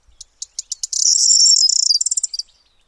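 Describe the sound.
Corn bunting song: a few spaced dry ticks quicken into a dense, high jangling rattle lasting about a second, then break into a stuttering trill that stops.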